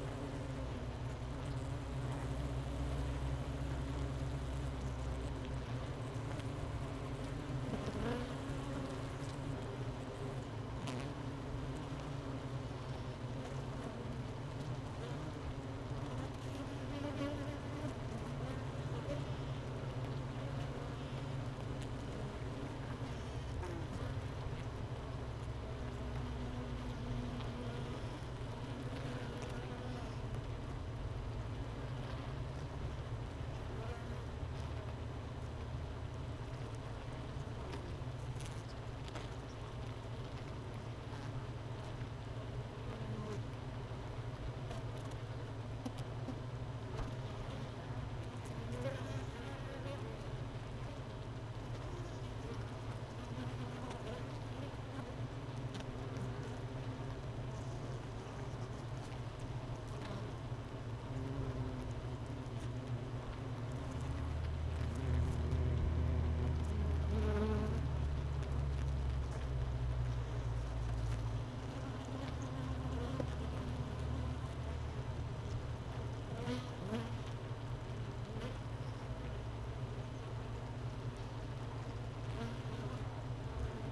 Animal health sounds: honeybee colony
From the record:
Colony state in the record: missing queen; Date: 31 May 2018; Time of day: 13:18

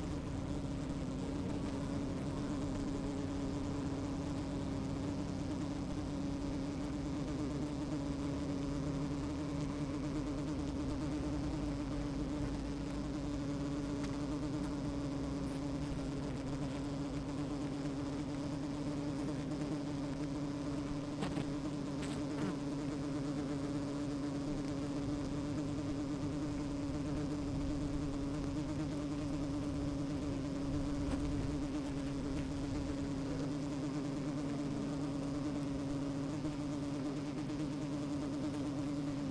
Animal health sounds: honeybee colony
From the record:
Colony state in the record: active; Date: 28 July 2017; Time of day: 12:15

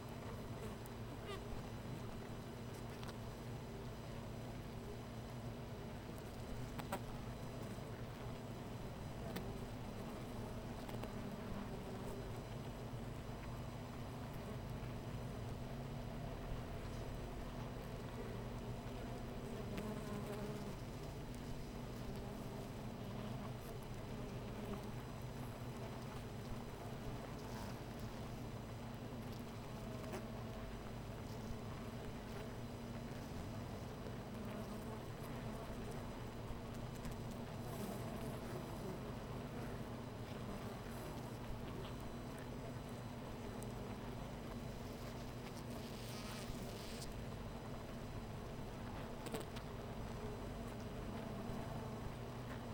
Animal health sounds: honeybee colony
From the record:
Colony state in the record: missing queen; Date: 14 July 2017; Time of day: 13:02

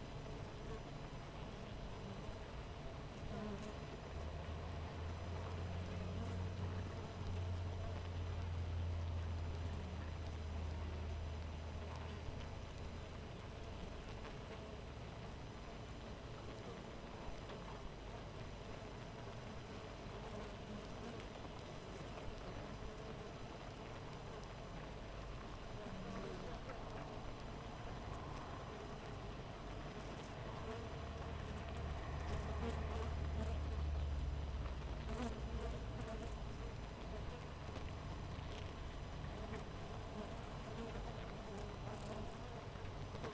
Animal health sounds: honeybee colony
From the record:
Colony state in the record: missing queen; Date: 14 July 2017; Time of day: 6:12

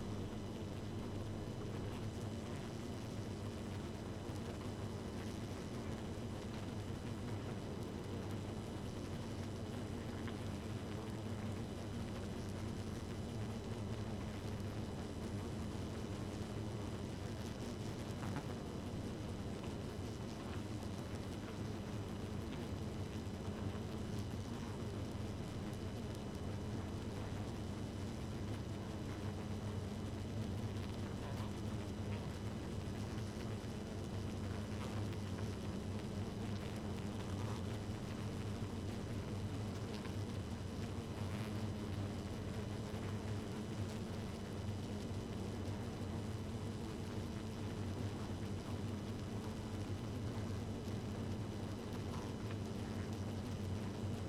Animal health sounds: honeybee colony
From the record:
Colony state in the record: active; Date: 12 June 2018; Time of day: 0:01

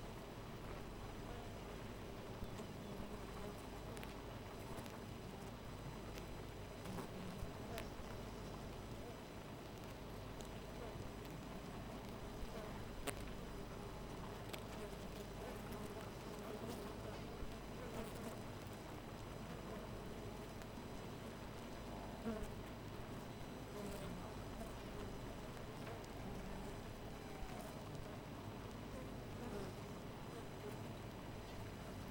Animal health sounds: honeybee colony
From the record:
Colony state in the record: missing queen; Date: 14 July 2017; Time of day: 4:51

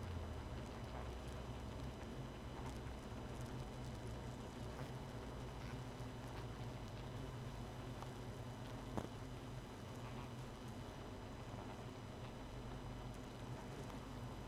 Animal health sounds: honeybee colony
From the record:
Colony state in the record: missing queen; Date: 31 May 2018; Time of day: 1:21

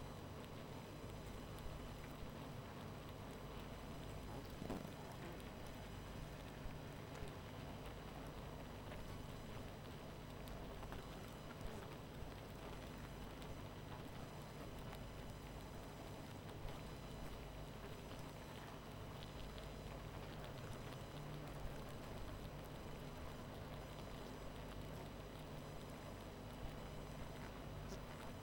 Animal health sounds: honeybee colony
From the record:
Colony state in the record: missing queen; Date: 14 July 2017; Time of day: 23:30

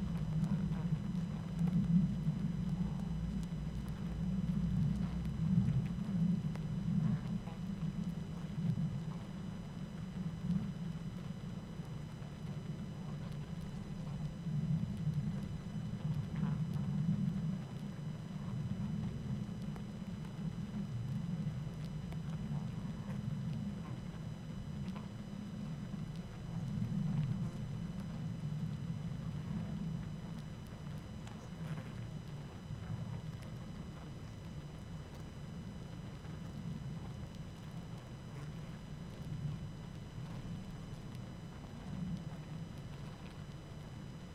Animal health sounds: honeybee colony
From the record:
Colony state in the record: active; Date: 12 June 2018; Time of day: 20:13

